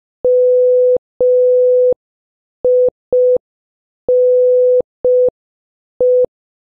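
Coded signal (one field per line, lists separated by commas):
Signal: Morse code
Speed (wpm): 5 wpm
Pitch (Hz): 500 Hz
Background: none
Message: MINE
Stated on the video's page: Morse code word practice using letters A to N, starting slow and gradually increasing in speed.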